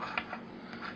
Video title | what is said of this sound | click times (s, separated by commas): Some thoughts on a RC race car... | they actually snap into place even | 0.2 s